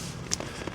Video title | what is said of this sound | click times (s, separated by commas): Big Agnes Tiger Wall 2 UL teltta + varusteet: Makuupussi: Lost Ranger 3in1 • Makuualusta: Rapide SL | Then the inner tent is snapped into place. | 0.3 s